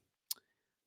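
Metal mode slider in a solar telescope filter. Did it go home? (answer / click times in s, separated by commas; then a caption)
yes / 0.3 s. A metal slide on a solar hydrogen-alpha filter is pushed across to switch between viewing modes. It gives a sharp metallic click at 0.3 s, followed by a brief rattle and a faint high ringing tone. The slider clicks into its detent position.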